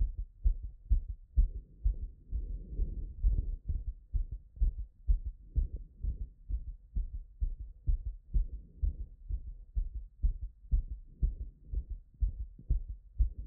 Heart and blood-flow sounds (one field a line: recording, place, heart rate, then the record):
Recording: heart sounds by stethoscope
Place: Erb's point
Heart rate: 124 bpm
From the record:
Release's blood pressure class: hypertension stage 1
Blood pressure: 150/83 mmHg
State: after exercise